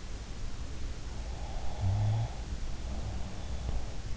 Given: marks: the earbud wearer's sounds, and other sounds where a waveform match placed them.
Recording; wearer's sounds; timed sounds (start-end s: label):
sounds in sleep by an in-ear microphone; breath
1.47-3.91 s: breath